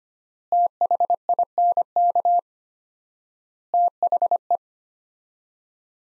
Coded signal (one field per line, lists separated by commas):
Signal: Morse code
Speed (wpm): 25 wpm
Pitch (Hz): 700 Hz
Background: none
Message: THINK THE